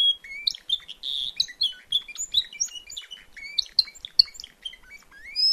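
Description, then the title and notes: Timbrado canary singing a rapid, varied stream of high chirps, trills and short whistled notes, with a brief buzzy burst near the one-second mark. Singing at a canary event or competition. "Canario timbrado de Gabriel. reproduccion de un canario en evento"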